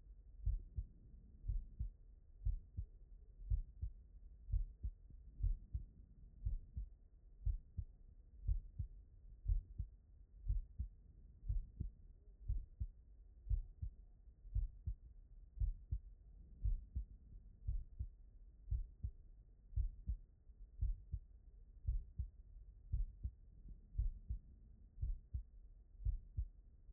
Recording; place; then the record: heart sounds by stethoscope; pulmonary valve (PV)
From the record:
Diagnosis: non-HFrEF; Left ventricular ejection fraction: 64%